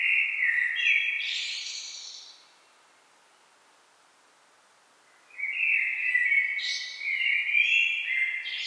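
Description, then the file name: Common blackbird singing a mellow warbled phrase that ends in a squeaky, high twitter, then a silent gap of about three seconds before another fluty, wavering phrase. "Turdus merula"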